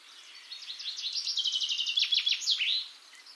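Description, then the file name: Eurasian wren song: a short, rapid string of high, sharp notes running into a fast trill, with a steady background hiss. "Troglodytes troglodytes"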